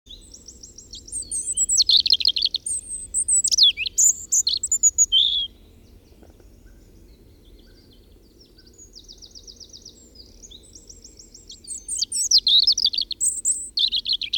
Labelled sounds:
European Robin (Erithacus rubecula) song
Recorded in the wild
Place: Putbus, Insel Rügen, Mecklenburg-Vorpommern, DE
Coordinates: 54.38, 13.458
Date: 1974-05-02
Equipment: Nagra III BH, Sennheiser MD 21, parabola
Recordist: Schubert, Michael
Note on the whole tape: Gesang Rotkehlchen

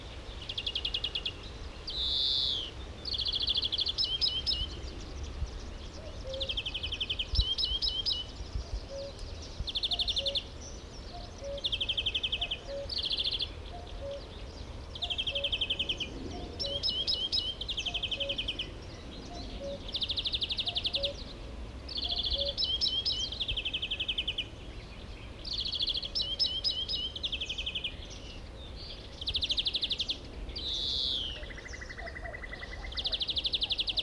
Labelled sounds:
European Greenfinch (Chloris chloris) song
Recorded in the wild
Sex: male
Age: adult
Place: Wartenberger Luch, Berlin, DE
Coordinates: 52.5733, 13.5256
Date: 1990-05-28 21:13
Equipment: Uher 4400 Report Monitor, Sennheiser MKH 416 T
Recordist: Frommolt, Karl-Heinz

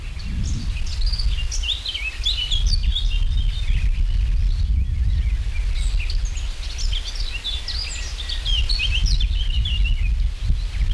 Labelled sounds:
Eurasian Blackcap (Sylvia atricapilla)
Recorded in the wild
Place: Karower Teiche, Naturpark Barnim, Berlin, DE
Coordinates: 52.62, 13.46
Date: 1996-05-19 13:00
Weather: heiter, 24°C
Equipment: Sony MD-WM MZ-R3, Sennheiser MKH 416 T, Kopie Uher 4000 Report Monitor
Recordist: Tembrock, Günter

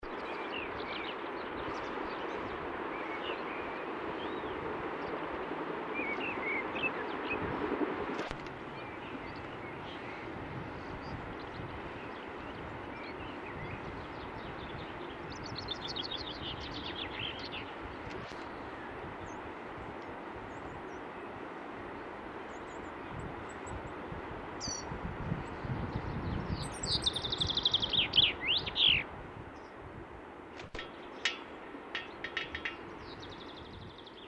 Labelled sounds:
Coal Tit (Periparus ater) song
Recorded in the wild
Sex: pair
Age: adult
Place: Oberstdorf, Bayern, DE
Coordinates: 47.4228, 10.2489
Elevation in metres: 910
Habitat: mountains
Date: 1977-04-02
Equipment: Nagra IV, Sennheiser MKH 405, Parabolreflektor
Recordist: Tretzel, Erwin

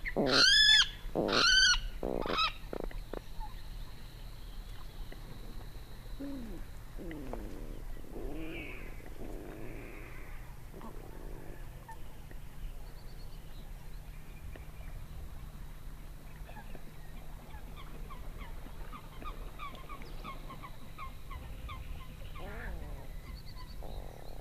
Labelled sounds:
Water Rail (Rallus aquaticus) call
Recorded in the wild
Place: Warsow, Kummerower See, Mecklenburg-Vorpommern, DE
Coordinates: 53.8342, 12.8486
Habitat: wetland
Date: 2013-05-23 18:50
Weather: cloudy, weak wind, 15°C
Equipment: Sound Devices 702, Sennheiser MKH 70, Rycote Windschutz
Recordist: Frommolt, Karl-Heinz

